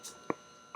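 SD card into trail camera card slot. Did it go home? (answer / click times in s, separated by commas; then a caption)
yes / 0.3 s. An SD card is pushed back into a trail camera's spring-loaded card slot and clicks into place at 0.3 s with a short, sharp snap. A second, fainter tick follows near the end, and the card stays seated.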